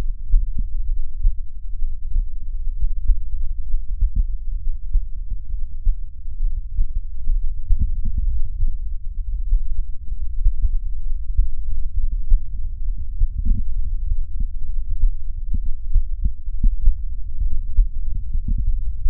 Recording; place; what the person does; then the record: lung sounds by stethoscope; right anterior apical chest; quiet breathing, then deep breathing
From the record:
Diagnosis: COPD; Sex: male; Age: 57 years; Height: 165 cm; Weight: 85.7 kg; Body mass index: 31.5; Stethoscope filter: bell mode